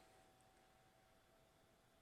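A steel magazine floorplate is lined up on a Mauser rifle, its lip caught on the end of the magazine well before seating. Only a steady, quiet broadband hiss with a faint constant tone is heard, with no distinct handling sounds. Nothing has seated or clicked yet.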